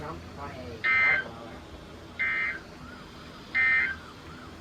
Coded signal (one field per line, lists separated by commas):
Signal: Emergency Alert System (SAME) tones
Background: speech